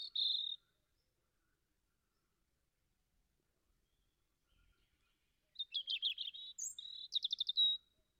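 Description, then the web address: European robin song: a brief high whistle, several seconds of silence, then a fuller phrase of jumbled high notes ending in a rapid trill. "Deverinetal 2025"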